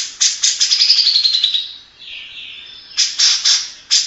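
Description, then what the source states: Grey-cheeked bulbul: a fast stuttering trill that slides lower in pitch and fades, followed by a few loud, harsh chattering bursts. Long-duration masteran song used to train other birds.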